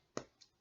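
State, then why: Seated. A cap is pressed onto a glue bottle to keep the glue from drying out, and it snaps on with a sharp pop at 0.2 s, followed by a fainter click at 0.4 s. The cap is seated.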